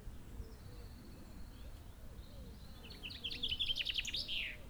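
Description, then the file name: Common chaffinch song: after a quiet start, a rapid trill bursts out near the end and finishes in a flourish over low background noise. "Fringilla coelebs"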